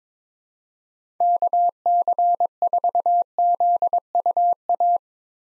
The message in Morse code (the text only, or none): KC4ZUA